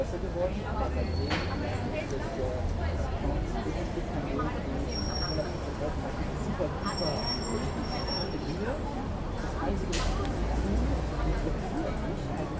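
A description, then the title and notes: A busy café terrace hums with overlapping conversation, a dense, steady babble of voices. A low rumble of passing traffic runs underneath throughout, and a few brief clinks and high tones from cups or cutlery ring out around the middle and near ten seconds. The general atmosphere on the terrace of Café Maibach in Berlin.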